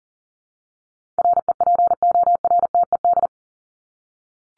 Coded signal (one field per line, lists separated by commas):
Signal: Morse code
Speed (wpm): 40 wpm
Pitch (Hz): 700 Hz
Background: none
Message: REPORTED